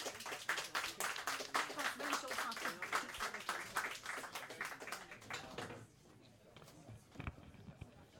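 An audience at the Douteux applauds a comedian being introduced, with dense, steady clapping for about six seconds, then the applause abruptly dies down, leaving only faint scattered sounds.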